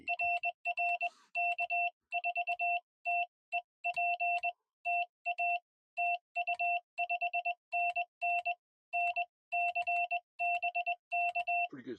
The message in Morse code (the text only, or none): RR K4TEP TA TU 5NN NC BK